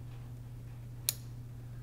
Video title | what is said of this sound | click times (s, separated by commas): Rivet Gun Changing Rivet Sizes | now that's clicked in place in in solid | 1.1 s